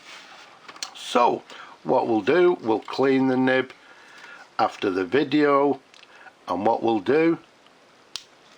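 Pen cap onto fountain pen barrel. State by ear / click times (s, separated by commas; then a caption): seated / 8.2 s. Someone talks as the cap of a vintage French-made Waterman Concorde fountain pen is pushed onto the barrel. The cap seats with a short, sharp click at 8.2 s and closes shut.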